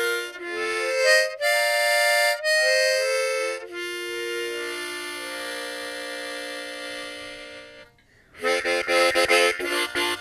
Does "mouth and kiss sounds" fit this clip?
no